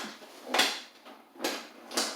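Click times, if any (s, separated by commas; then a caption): none. An extension cord is pulled out of a Legooin 50 ft wall-mount retractable cord reel, whose wind-up spring reel has a locking ratchet in the housing to hold the cord out. Three short, bright bursts are heard at about 0.5, 1.5 and 2.0 seconds over a quiet background. The clip ends before the ratchet catches, so nothing has locked into place yet.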